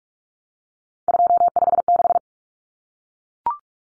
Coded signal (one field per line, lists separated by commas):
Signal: Morse code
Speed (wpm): 44 wpm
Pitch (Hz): 700 Hz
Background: none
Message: 256